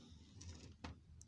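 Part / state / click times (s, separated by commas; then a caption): plastic back cover clips on a laptop base / released / 0.4 s, 0.9 s, 1.2 s. A prying tool is worked around the edges of the plastic back cover on an HP 250 laptop base to get at the hard drive, RAM, battery and CMOS battery, and the cover's retaining clips pop loose one by one. Sharp snaps are heard at 0.4, 0.8 and 1.2 seconds over a low rumble. The clips are released.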